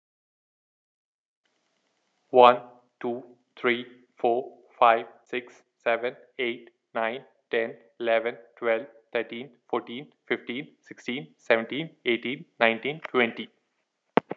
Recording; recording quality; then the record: counting at a normal pace; excellent, no background noise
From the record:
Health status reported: healthy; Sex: male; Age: 31 years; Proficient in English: yes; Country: India